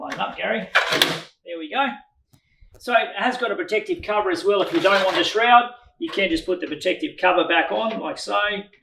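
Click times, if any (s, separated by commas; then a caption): none. A protective cover is being put back onto a unit in place of its shroud. Someone talks throughout, with faint handling noise between phrases. Nothing has seated or clicked yet by the end of the clip.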